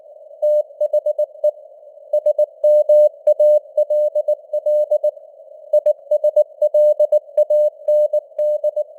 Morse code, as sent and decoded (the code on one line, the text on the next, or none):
- .... . / ... -- .- .-.. .-.. / .. ... .-.. .- -. -..
THE SMALL ISLAND